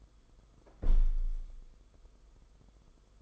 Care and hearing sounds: daily activity, microphone in the room; close window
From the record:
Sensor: 5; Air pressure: 990.5 hPa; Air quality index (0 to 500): 164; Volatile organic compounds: 297 ppm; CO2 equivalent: 4475 ppm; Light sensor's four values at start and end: 17/40/16/18 and 17/40/16/18

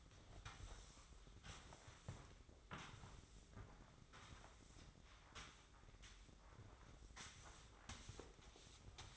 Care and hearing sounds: daily activity, microphone in the room; sweep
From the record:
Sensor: 3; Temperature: 24.5 degrees Celsius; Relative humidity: 30.4%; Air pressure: 995.9 hPa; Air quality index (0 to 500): 94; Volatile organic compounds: 12 ppm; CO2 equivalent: 2355 ppm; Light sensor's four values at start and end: 24/73/31/27 and 27/82/34/30

